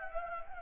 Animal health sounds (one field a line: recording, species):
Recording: mosquito wingbeat signal from an infrared sensor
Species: Anopheles gambiae